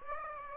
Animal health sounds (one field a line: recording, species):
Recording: mosquito wingbeat signal from an infrared sensor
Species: Aedes aegypti